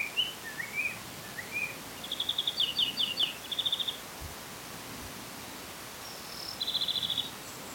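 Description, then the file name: European greenfinch calling with a few chirps, then quick dry trills, a brief high note and another trill. "Chloris chloris"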